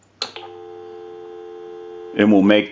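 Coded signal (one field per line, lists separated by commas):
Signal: telephone call progress tone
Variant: North America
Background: speech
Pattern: dial tone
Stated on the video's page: Tones from a single slot payphone during initial checkout and repair/conversion.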